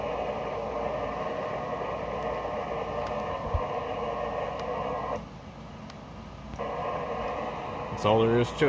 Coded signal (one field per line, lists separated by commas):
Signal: FT8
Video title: FT991A FT8 QUICK SETUP 1 USB CABLE